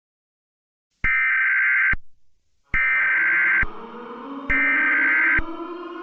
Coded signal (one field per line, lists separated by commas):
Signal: Emergency Alert System (SAME) tones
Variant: header bursts